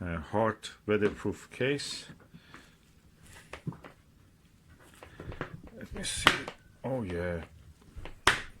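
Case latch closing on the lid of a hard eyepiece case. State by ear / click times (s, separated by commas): seated / 8.3 s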